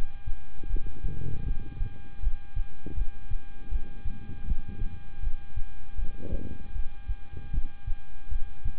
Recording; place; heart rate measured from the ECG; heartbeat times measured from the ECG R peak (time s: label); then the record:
heart sounds by stethoscope; between the tricuspid and mitral areas; 79 bpm
0.67 s: heartbeat
1.44 s: heartbeat
2.20 s: heartbeat
2.95 s: heartbeat
3.69 s: heartbeat
4.45 s: heartbeat
5.21 s: heartbeat
5.96 s: heartbeat
6.73 s: heartbeat
7.51 s: heartbeat
8.29 s: heartbeat
From the record:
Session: rest, lying down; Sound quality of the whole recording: good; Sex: male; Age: 26 years